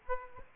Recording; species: mosquito wingbeat signal from an infrared sensor; Aedes aegypti